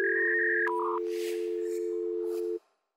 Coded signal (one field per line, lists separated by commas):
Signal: telephone call progress tone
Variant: North America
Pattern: dial tone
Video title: Retrolux - Dial Tone